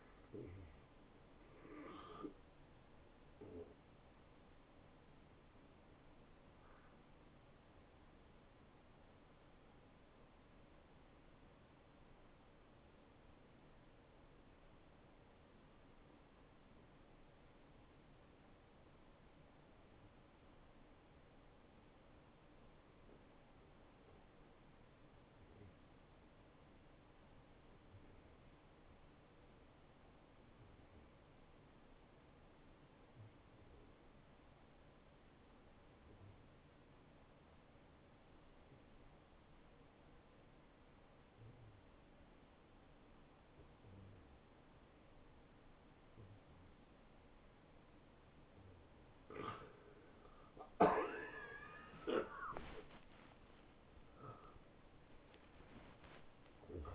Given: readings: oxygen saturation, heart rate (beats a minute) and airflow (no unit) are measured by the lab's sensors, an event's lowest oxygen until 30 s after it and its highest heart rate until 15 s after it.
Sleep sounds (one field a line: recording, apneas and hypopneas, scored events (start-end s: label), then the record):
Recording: breathing in sleep by a voice recorder at the bedside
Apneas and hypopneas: 1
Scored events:
5.00-56.95 s: new sleep stage, N1 (lightest sleep)
12.00-49.40 s: obstructive apnea (N1, oxygen 96% highest, then 87% lowest, heart rate 75 at the start, 91 highest)
From the record:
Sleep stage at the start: N2 (light sleep)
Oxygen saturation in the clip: 91 to 96%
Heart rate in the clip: 70 to 83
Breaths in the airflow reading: 3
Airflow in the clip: -7.6 to 7.2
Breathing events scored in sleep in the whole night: 263 in 5.5 hours asleep